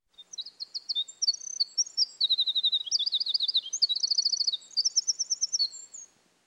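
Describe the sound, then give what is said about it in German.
A wren sings a long, rapid, high-pitched song of trills and sharp chirps, shifting through several fast-repeated phrases for about six seconds, loud and clear with no talking. “Applaus für den Zaunkönig! Der Kleine singt wirklich wie ein ganz Großer.”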